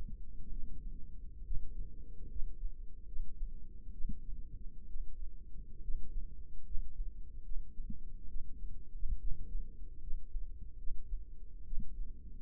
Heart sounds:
heart sounds by microphone in the left ear; 70 bpm
0.51 s: heartbeat
1.45 s: heartbeat
2.30 s: heartbeat
3.07 s: heartbeat
3.93 s: heartbeat
4.88 s: heartbeat
5.82 s: heartbeat
6.65 s: heartbeat
7.44 s: heartbeat
8.29 s: heartbeat
9.20 s: heartbeat
10.01 s: heartbeat
10.78 s: heartbeat
11.66 s: heartbeat
From the record:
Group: healthy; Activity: rest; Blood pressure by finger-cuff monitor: 140/65 mmHg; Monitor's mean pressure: 89 mmHg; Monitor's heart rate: 70 bpm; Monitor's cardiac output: 7.3 L/min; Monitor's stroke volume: 104 mL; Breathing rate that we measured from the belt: 16 breaths a minute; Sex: female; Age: 22 years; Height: 160 cm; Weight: 63 kg

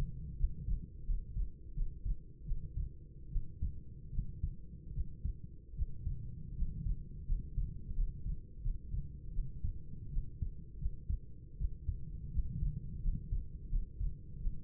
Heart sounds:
heart sounds by stethoscope; 81 bpm
0.35 s: heartbeat
1.04 s: heartbeat
1.73 s: heartbeat
2.44 s: heartbeat
3.28 s: heartbeat
4.10 s: heartbeat
4.92 s: heartbeat
5.74 s: heartbeat
6.53 s: heartbeat
7.24 s: heartbeat
7.93 s: heartbeat
8.60 s: heartbeat
9.31 s: heartbeat
10.09 s: heartbeat
10.77 s: heartbeat
11.56 s: heartbeat
12.30 s: heartbeat
13.00 s: heartbeat
13.68 s: heartbeat
14.38 s: heartbeat
From the record:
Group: healthy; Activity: rest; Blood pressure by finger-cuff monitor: 102/57 mmHg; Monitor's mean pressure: 71 mmHg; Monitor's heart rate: 86 bpm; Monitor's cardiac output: 7.1 L/min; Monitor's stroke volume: 88 mL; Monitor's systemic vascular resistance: 710 dyn s/cm5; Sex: female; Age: 26 years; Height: 165 cm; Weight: 55 kg

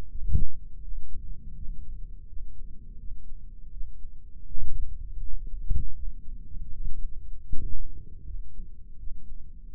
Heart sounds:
heart sounds by microphone in the right ear; 81 bpm
0.09 s: heartbeat
0.82 s: heartbeat
1.55 s: heartbeat
2.28 s: heartbeat
2.98 s: heartbeat
3.71 s: heartbeat
4.45 s: heartbeat
5.20 s: heartbeat
5.94 s: heartbeat
6.71 s: heartbeat
7.48 s: heartbeat
8.25 s: heartbeat
8.98 s: heartbeat
9.70 s: heartbeat
From the record:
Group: healthy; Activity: rest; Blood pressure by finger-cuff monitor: 167/88 mmHg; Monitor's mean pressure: 106 mmHg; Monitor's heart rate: 81 bpm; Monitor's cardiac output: 8.2 L/min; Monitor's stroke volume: 101 mL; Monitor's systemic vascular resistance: 960 dyn s/cm5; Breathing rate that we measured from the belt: 19 breaths a minute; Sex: male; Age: 57 years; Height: 188 cm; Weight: 106 kg

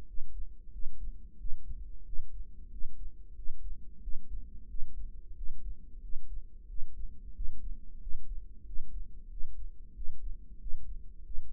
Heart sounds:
heart sounds by microphone in the right ear; 91 bpm
0.08 s: heartbeat
0.73 s: heartbeat
1.40 s: heartbeat
2.06 s: heartbeat
2.72 s: heartbeat
3.37 s: heartbeat
4.03 s: heartbeat
4.69 s: heartbeat
5.37 s: heartbeat
6.03 s: heartbeat
6.69 s: heartbeat
7.36 s: heartbeat
8.02 s: heartbeat
8.67 s: heartbeat
9.31 s: heartbeat
9.96 s: heartbeat
10.61 s: heartbeat
11.25 s: heartbeat
From the record:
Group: healthy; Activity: rest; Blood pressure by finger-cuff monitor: 158/99 mmHg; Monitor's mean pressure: 118 mmHg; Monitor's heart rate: 91 bpm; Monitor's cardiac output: 7.1 L/min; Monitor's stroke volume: 78 mL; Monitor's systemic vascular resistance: 1230 dyn s/cm5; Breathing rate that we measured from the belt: 20 breaths a minute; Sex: male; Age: 21 years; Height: 175 cm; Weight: 72.6 kg

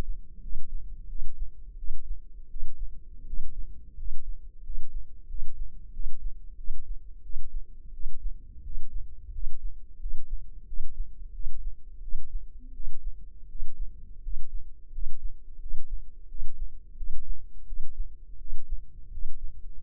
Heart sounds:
heart sounds by microphone in the left ear; 87 bpm
0.40 s: heartbeat
1.07 s: heartbeat
1.75 s: heartbeat
2.48 s: heartbeat
3.24 s: heartbeat
3.94 s: heartbeat
4.61 s: heartbeat
5.26 s: heartbeat
5.91 s: heartbeat
6.55 s: heartbeat
7.21 s: heartbeat
7.91 s: heartbeat
8.61 s: heartbeat
9.30 s: heartbeat
9.98 s: heartbeat
10.64 s: heartbeat
11.31 s: heartbeat
12.00 s: heartbeat
12.71 s: heartbeat
13.46 s: heartbeat
14.20 s: heartbeat
14.90 s: heartbeat
15.58 s: heartbeat
16.26 s: heartbeat
16.94 s: heartbeat
17.64 s: heartbeat
18.37 s: heartbeat
19.09 s: heartbeat
19.81 s: heartbeat
From the record:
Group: healthy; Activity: rest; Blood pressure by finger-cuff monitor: 90/52 mmHg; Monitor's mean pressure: 62 mmHg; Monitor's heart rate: 87 bpm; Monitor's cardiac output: 8.1 L/min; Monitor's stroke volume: 92 mL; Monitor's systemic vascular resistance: 540 dyn s/cm5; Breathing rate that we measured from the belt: 12 breaths a minute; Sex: male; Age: 23 years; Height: 179 cm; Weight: 87 kg

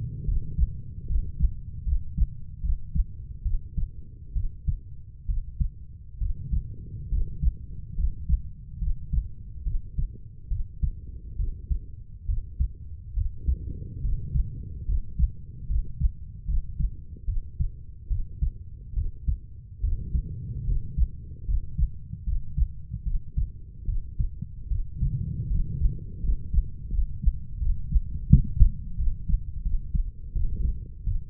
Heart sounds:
heart sounds by stethoscope; 74 bpm
0.26 s: heartbeat
1.07 s: heartbeat
1.85 s: heartbeat
2.61 s: heartbeat
3.43 s: heartbeat
4.34 s: heartbeat
5.27 s: heartbeat
6.19 s: heartbeat
7.10 s: heartbeat
7.96 s: heartbeat
8.79 s: heartbeat
9.64 s: heartbeat
10.49 s: heartbeat
11.37 s: heartbeat
12.26 s: heartbeat
13.14 s: heartbeat
14.02 s: heartbeat
14.86 s: heartbeat
15.67 s: heartbeat
16.46 s: heartbeat
17.26 s: heartbeat
18.08 s: heartbeat
18.94 s: heartbeat
19.81 s: heartbeat
20.65 s: heartbeat
21.46 s: heartbeat
22.24 s: heartbeat
23.04 s: heartbeat
23.86 s: heartbeat
24.69 s: heartbeat
25.48 s: heartbeat
26.21 s: heartbeat
26.90 s: heartbeat
27.59 s: heartbeat
28.28 s: heartbeat
28.96 s: heartbeat
29.63 s: heartbeat
30.33 s: heartbeat
31.04 s: heartbeat
From the record:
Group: healthy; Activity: rest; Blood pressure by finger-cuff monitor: 129/49 mmHg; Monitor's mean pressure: 72 mmHg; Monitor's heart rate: 73 bpm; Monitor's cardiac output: 9.5 L/min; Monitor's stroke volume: 131 mL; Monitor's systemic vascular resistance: 550 dyn s/cm5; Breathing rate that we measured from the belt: 9 breaths a minute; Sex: female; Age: 32 years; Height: 168 cm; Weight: 61.9 kg

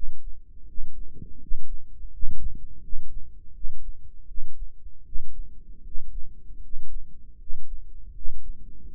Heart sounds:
heart sounds by microphone in the right ear; 80 bpm
0.66 s: heartbeat
1.39 s: heartbeat
2.10 s: heartbeat
2.81 s: heartbeat
3.53 s: heartbeat
4.26 s: heartbeat
5.03 s: heartbeat
5.83 s: heartbeat
6.60 s: heartbeat
7.37 s: heartbeat
8.13 s: heartbeat
8.91 s: heartbeat
From the record:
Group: healthy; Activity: rest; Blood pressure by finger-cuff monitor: 114/74 mmHg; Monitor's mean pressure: 81 mmHg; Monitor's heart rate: 81 bpm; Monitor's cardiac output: 6.6 L/min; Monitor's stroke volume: 80 mL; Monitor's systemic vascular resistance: 880 dyn s/cm5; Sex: male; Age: 35 years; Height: 180 cm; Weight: 86.9 kg

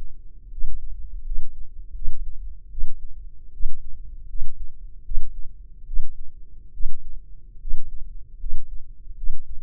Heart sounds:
heart sounds by microphone in the left ear; 76 bpm
0.49 s: heartbeat
1.23 s: heartbeat
1.93 s: heartbeat
2.69 s: heartbeat
3.51 s: heartbeat
4.27 s: heartbeat
5.03 s: heartbeat
5.85 s: heartbeat
6.72 s: heartbeat
7.59 s: heartbeat
8.38 s: heartbeat
9.15 s: heartbeat
From the record:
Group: healthy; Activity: rest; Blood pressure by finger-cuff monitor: 142/86 mmHg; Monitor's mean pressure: 104 mmHg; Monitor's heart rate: 76 bpm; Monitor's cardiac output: 6.4 L/min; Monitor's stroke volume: 83 mL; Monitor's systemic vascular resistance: 1210 dyn s/cm5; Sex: male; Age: 21 years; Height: 180 cm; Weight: 67.5 kg

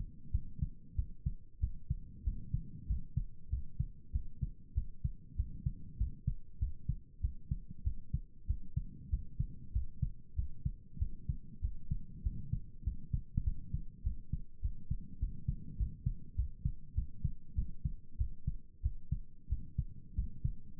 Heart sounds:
heart sounds by stethoscope; 97 bpm
0.31 s: heartbeat
0.95 s: heartbeat
1.59 s: heartbeat
2.23 s: heartbeat
2.86 s: heartbeat
3.49 s: heartbeat
4.11 s: heartbeat
4.74 s: heartbeat
5.35 s: heartbeat
5.97 s: heartbeat
6.58 s: heartbeat
7.20 s: heartbeat
7.83 s: heartbeat
8.46 s: heartbeat
9.09 s: heartbeat
9.72 s: heartbeat
10.35 s: heartbeat
10.98 s: heartbeat
11.60 s: heartbeat
12.22 s: heartbeat
12.83 s: heartbeat
13.43 s: heartbeat
14.03 s: heartbeat
14.61 s: heartbeat
15.19 s: heartbeat
15.76 s: heartbeat
16.35 s: heartbeat
16.94 s: heartbeat
17.54 s: heartbeat
18.17 s: heartbeat
18.81 s: heartbeat
19.48 s: heartbeat
20.14 s: heartbeat
20.79 s: heartbeat
From the record:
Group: healthy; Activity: rest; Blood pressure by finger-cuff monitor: 101/70 mmHg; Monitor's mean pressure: 80 mmHg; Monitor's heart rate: 96 bpm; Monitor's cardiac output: 7.6 L/min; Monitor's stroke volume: 79 mL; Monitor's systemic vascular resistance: 760 dyn s/cm5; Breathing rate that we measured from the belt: 18 breaths a minute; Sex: male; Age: 19 years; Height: 178 cm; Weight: 83 kg

